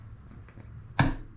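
A click-type torque wrench is pulled slowly on a motor mount bolt of a 1996–2000 Honda Civic. After a low background hum and a couple of faint soft ticks, a single sharp metallic click rings out at 1.0 s and then fades. The wrench clicks at its setting, confirming the bolt is torqued.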